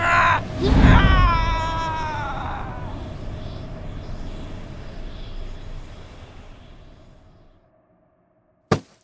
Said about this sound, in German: Mit einem lauten Schrei wurde die Hülle des Geistes in den Kristall des Stabes gesungen.